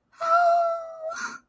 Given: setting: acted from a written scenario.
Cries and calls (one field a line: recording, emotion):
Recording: vocal sound without words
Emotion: elation